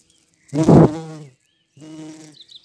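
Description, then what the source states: Bumblebee flight buzz, a loud low drone flaring up then a softer second pass, a thin bird chirp at the end. Bumblebee buzzing in flight, recorded on 7 May 2022.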